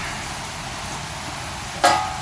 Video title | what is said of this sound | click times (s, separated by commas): 2007-2013 GMC Sierra / Chevrolet Silverado - Bumper End Cap Replacement | piece just snaps in place that's | 1.9 s